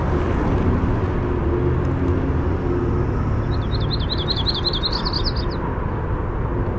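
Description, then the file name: Yellow-rumped warbler song: a short, high, rapid trill of warbled notes lasting about two seconds, over loud, steady traffic rumble. "YRWA song"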